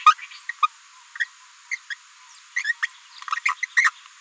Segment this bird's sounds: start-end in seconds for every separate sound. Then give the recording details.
0.06-0.14, 0.62-0.66, 1.71-1.78, 1.89-1.95, 2.55-2.74, 2.82-2.87, 3.27-3.40, 3.44-3.54, 3.62-3.66, 3.76-3.91. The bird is a female. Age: 30 days. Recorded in a nest box in Venezuela. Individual 17B73B3